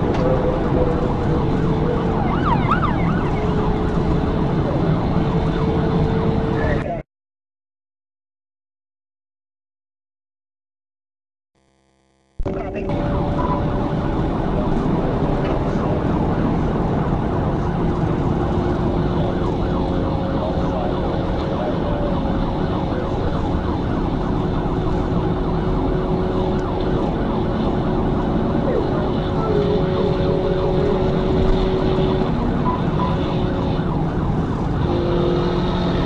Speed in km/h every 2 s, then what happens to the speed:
147, 150, 153, 138, 135, 132, 130, 140, 138, 129, 124, 124, 127, 130, 135, 137, 134, 127.
0-4 speeds up to 153. 4-11 slows to 130. 11-17 speeds up to 138. 17-19 brakes to 124. 19-29 speeds up to 137. 29-36 slows to 127.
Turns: none.